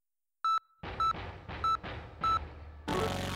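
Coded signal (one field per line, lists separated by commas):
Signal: none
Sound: game sound effect beeps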